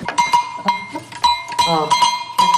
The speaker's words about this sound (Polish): No i dzwonki. I dzwonki, oczywiście.